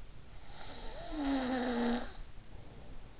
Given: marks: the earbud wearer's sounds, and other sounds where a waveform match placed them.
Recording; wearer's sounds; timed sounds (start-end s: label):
sounds in sleep by an in-ear microphone; snoring breath
0.53-3.14 s: snoring breath